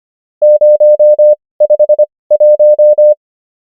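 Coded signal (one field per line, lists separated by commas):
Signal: Morse code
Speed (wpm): 25 wpm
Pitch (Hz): 600 Hz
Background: none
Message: 051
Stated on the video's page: Morse code numbers practice, 25 wpm character speed with 19 wpm Farnsworth word speed.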